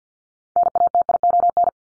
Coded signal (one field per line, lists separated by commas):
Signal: Morse code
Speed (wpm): 48 wpm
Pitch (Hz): 700 Hz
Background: none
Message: NATION